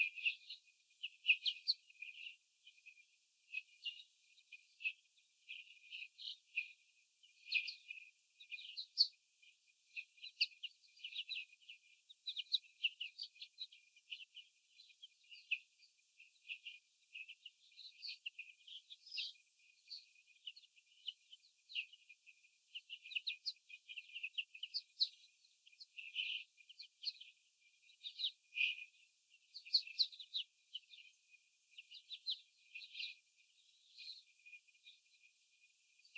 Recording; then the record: young laying hens in a cage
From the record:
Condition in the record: after the stressor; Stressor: sudden umbrella opening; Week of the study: 3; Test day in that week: 2